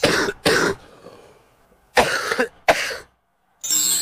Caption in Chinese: 老痰它有个特点啊，就是，它呢就是非常的深，它就是在深入肾脏甚至是经络的这么一个。那么 它是一个咳起来非常费劲，顽痰已经咳得很厉害了。 我们好多老慢支的病人。 咳得非常的就是厉害，可能都咳不出几口痰，就很费劲。痰黏量少， 咳声肯定还要再往里了。更加厚重。 因为他本身病根子还是肾阳虚。